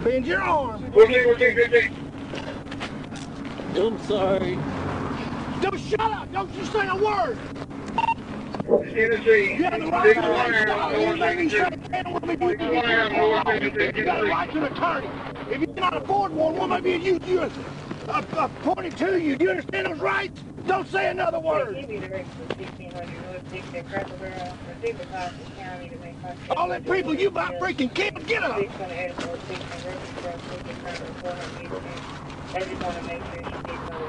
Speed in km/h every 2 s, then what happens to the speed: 0, 0, 0, 0, 0, 0, 0, 0, 0, 0, 0, 0, 0, 0, 0, 0, 0.
0-34 standing.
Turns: none.